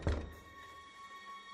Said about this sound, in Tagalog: Madaling araw nang may kumatok sa pinto.